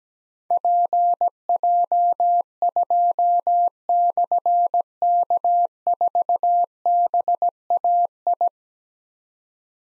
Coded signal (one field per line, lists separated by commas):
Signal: Morse code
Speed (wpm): 17 wpm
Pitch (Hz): 700 Hz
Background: none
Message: PJ2/K4BAI